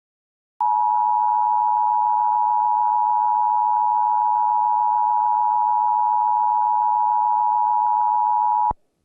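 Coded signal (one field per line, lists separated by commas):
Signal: Emergency Alert System (SAME) tones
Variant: 853 and 960 Hz attention tone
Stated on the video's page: EAS alerts on a workplace TV carried only as text scroll, with no EAS audio.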